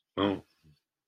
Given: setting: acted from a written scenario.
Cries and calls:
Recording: vocal sound without words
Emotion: guilt

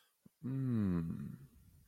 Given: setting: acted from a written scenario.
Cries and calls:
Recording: vocal sound without words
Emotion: contentment

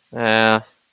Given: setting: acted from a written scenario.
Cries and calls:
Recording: vocal sound without words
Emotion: shame

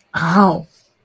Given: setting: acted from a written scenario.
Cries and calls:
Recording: vocal sound without words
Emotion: pain

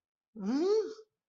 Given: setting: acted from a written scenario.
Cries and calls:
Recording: vocal sound without words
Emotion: confusion

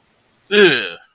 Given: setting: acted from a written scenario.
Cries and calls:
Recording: vocal sound without words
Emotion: disgust

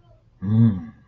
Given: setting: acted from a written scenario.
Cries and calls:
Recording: vocal sound without words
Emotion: negative surprise

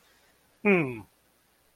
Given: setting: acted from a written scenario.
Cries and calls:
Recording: vocal sound without words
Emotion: desire

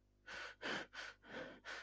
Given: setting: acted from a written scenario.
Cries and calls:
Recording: vocal sound without words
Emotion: fear

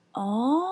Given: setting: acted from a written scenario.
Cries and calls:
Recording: vocal sound without words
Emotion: realization

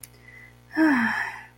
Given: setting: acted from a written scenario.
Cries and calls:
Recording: vocal sound without words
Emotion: relief

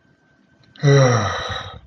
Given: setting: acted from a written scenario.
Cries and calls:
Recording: vocal sound without words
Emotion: relief

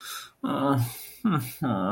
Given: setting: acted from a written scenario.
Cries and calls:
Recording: vocal sound without words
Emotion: sadness

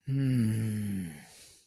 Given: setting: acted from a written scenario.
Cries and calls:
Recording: vocal sound without words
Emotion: desire

